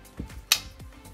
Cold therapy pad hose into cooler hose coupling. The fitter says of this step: once it's fastened you can hear that click and that means it's secured properly once you've done that